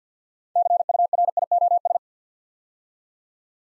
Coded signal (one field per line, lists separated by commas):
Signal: Morse code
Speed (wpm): 48 wpm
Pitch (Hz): 700 Hz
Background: none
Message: CURIOS